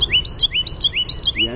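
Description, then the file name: Carolina wren song fragment: several bright, rolling phrases repeated in quick succession. "CARW song"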